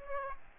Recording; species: mosquito wingbeat signal from an infrared sensor; Aedes aegypti